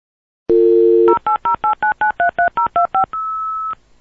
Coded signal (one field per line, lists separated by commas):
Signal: DTMF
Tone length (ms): 120 ms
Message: 08089933025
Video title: BEEP Sound Effects - 10 Beep SOUND EFFECTS